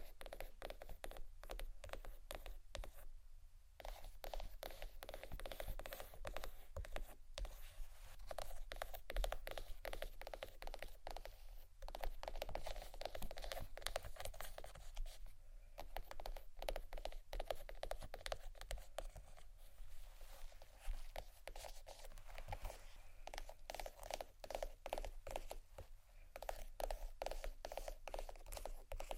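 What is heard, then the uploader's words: Bags being tapped and scratched in a dense, unbroken stream of quick crinkly scrapes and taps. The sound stays bright and papery at a fairly even level throughout, with brief lighter gaps around 3, 12, 15 and 26 seconds. ASMR Tappingscratching Galore 4 Bags (No Talking).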